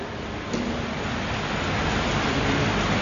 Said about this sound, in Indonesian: Hujan ya.